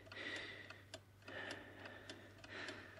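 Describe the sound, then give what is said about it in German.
A clock ticks in a steady, brisk rhythm, each crisp click standing out clearly over a faint continuous whine and low hum, with no voices. “Lieber Gott, warum tickt die Uhr nur so laut?”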